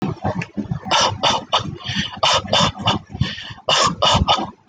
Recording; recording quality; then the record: shallow voluntary cough; moderate, slight background noise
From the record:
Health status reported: healthy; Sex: male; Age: 22 years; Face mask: worn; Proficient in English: yes